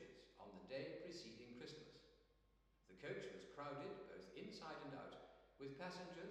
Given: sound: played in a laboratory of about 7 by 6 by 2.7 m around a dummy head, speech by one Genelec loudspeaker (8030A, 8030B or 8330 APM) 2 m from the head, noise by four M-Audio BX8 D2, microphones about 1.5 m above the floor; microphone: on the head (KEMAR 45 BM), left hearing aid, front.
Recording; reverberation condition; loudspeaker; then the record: male speech in English; high; 120 degrees to the left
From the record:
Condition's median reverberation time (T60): about 1300 ms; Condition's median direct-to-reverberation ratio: about -4.0 dB